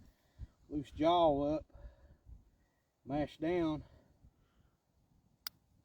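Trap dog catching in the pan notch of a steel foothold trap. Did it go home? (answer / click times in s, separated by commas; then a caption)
yes / 5.5 s. Someone talks while pressing down the jaws of a steel foothold trap until the trap dog catches in the pan notch. A single sharp click lands at 5.5 s as the dog latches on the pan and the trap locks set.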